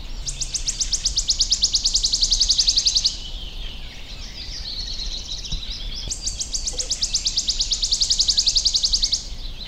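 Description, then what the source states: Wood Warbler song: two renditions, each a dry trill of high strokes about three seconds long, with quieter bird notes in the gap between them. Heard just after sunrise in May while walking toward a bird tower at Sylvöjärvi, Nastola, Finland; easy to recognise by its sound, and its Finnish name comes from the sound.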